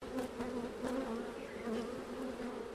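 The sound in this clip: Honeybees buzzing, a steady low drone throughout.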